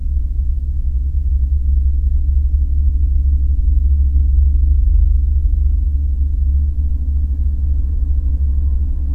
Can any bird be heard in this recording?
no